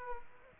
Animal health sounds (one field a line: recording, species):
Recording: mosquito wingbeat signal from an infrared sensor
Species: Aedes aegypti